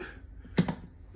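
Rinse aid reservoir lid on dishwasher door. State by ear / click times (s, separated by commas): seated / 0.6 s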